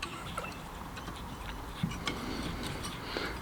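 A mechanic turns the water pump plate of a Mercury 15hp 2-stroke outboard over the drive shaft on the lower unit housing to line up its small key way before pressing it down. Only light ticking handling sounds are heard, with small taps near 0.0, 0.4, 1.5 and 2.1 seconds. The plate is lined up on the key way, but nothing has seated or clicked yet.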